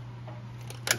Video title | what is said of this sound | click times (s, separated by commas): Ford F-150/Raptor/F-250 6.2 PCV Valve Replacement | push down until it clicks so right there with it clicked into place the latch on the bottom is latched | 0.9 s